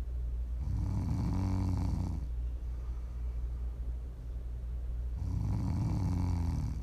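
Prime ASMR snoring from an adult asleep: two long, low-pitched, rumbling snores, each lasting about a second and a half, separated by a quieter breath of several seconds.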